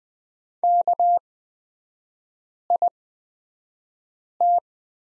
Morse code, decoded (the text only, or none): KIT